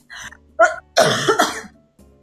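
An adult woman coughs or clears her throat. Only her throat is affected, with a cough that seems to come from the lungs. She is using an inhaler.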